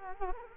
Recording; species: mosquito wingbeat signal from an infrared sensor; Culex quinquefasciatus